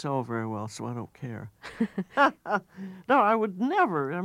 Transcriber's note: soundbite of laughter